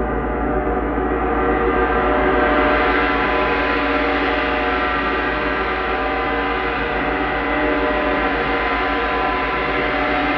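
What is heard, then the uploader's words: A gong and ringing bowls sustain a dense, shimmering wash of overlapping tones, steady and rich with a deep low hum throughout. Gong ,chimes ,crystal bowls.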